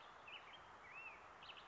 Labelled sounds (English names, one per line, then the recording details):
Black-headed Grosbeak
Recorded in Sonoma County, California